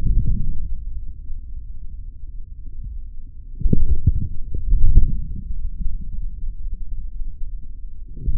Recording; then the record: forearm muscle sounds (acoustic myography)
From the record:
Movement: forearm pronation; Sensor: system 3, bracelet of six PUI Audio POM-2738L microphones around the upper forearm, with dedicated amplification and filtering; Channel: 5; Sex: male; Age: 26 years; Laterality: right